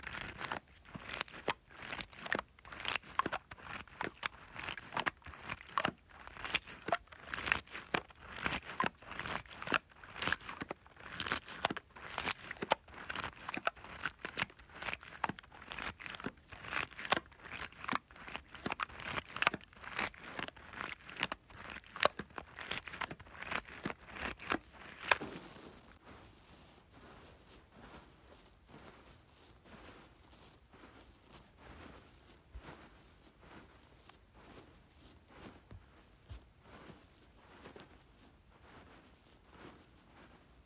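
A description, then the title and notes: Rice being played with makes dense, rapid ticking and rattling that keeps up busily for the first 25 seconds, bright and crackly. At about 25 seconds it drops sharply to a much quieter, sparse patter of small clicks that continues to the end. ASMR Playing with Rice.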